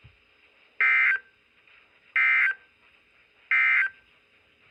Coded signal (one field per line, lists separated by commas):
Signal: Emergency Alert System (SAME) tones